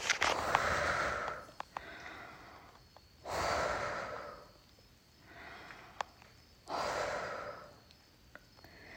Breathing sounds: deep breathing after running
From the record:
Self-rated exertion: moderate exertion (3 of 6); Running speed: 7 miles an hour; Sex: female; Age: 28 years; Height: 155 cm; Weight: 44 kg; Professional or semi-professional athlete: no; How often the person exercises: 3 to 5 times a week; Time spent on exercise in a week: over 5 hours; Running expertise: yes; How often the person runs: 3 to 5 times a week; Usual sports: running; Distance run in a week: 45 km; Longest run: 32 km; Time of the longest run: 200 minutes

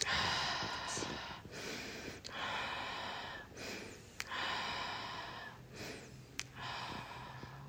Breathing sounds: deep breathing after running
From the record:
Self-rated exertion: light exertion (2 of 6); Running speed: 7 miles an hour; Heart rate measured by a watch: 105 beats a minute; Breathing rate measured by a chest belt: 15 breaths a minute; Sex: female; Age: 55 years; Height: 157 cm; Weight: 48 kg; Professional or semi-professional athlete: yes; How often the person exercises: every day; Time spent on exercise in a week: over 5 hours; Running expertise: yes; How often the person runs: 3 to 5 times a week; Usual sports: running, swimming, yoga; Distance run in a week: 40 miles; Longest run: 20 miles

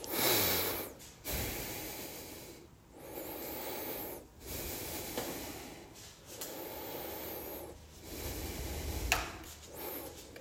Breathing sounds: deep breathing after running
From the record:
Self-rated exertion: moderate exertion (3 of 6); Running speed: 7 miles an hour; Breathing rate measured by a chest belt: 20 breaths a minute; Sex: male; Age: 57 years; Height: 170 cm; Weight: 58 kg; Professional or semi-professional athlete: no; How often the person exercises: 3 to 5 times a week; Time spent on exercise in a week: 4 to 5 hours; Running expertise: no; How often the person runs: 3 to 5 times a week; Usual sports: running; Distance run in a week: 50 km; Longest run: 50 km

